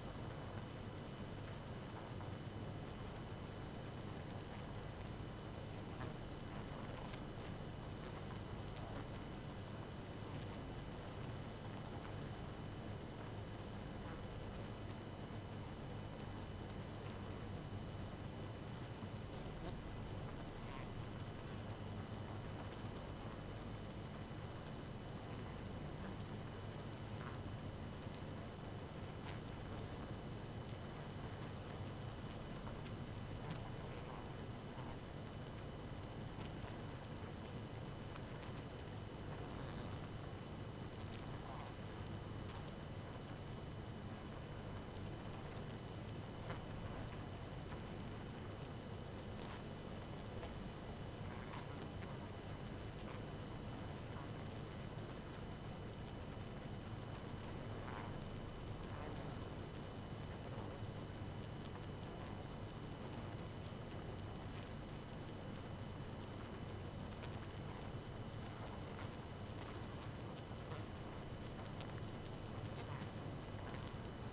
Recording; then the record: honeybee colony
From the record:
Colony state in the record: active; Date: 12 June 2018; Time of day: 2:03